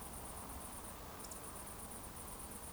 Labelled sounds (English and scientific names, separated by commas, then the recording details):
Eurasian Woodcock (Scolopax rusticola) whistle
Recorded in Baden-Württemberg, Germany, on 24 June 2020 at 20:20 UTC
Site 14569, 102 m above sea level